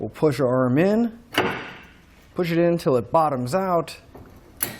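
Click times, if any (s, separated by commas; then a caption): 4.6 s. A removable tow arm from a Roadmaster Crossbar-Style base plate kit on a 2017 Toyota Corolla iM is pushed into its base plate receiver until it bottoms out, then rotated so the pull-ring pin locks. Someone talks, and a sharp click comes at 4.6 s as the arm seats and locks in place, held secure.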